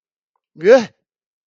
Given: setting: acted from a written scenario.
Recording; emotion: vocal sound without words; fear